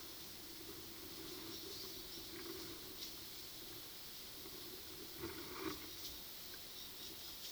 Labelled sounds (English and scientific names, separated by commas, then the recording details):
none
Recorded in pastures near Puerto Asís, Putumayo, Colombia, on 21 February 2024 at 12:00
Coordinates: 0.497, -76.327
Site G7276